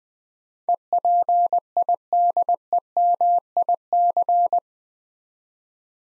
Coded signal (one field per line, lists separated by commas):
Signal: Morse code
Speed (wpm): 20 wpm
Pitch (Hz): 700 Hz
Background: none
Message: EPIDEMIC